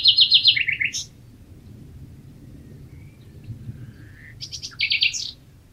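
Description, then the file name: Common nightingale song: fast repeated metallic trill notes, a long pause with soft faint notes, then another rapid trilled burst. "Luscinia megarhynchos"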